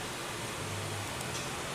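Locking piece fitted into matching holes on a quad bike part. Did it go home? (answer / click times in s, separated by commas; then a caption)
no / none. Two matching locking pieces on a Vierbike Quadra Sprint Phase II quad bike part are set opposite each other, with their pegs lined up inside the big holes. Only a steady, broadband hiss with a low hum is heard throughout. The piece has not locked or clicked yet.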